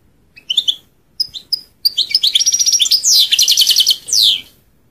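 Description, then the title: European goldfinch with a few soft chirps that swell into a rapid tinkling twitter ending in a descending slur. "Chant Chardonneret"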